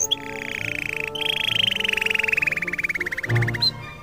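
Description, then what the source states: Canary song: an extended rapid trill that gradually slows into distinct pulses, ending with a high clipped note, music humming beneath. Canary song mixed with music.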